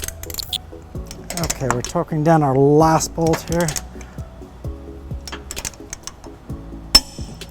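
A torque wrench tightens the last steel bolt holding a trailer hitch to the frame of a 2015 Toyota Prius Plug-In while someone talks, with a few small metallic clinks along the way. At 7.0 s the wrench gives one sharp, loud click as it reaches its torque setting, confirming the bolt is torqued.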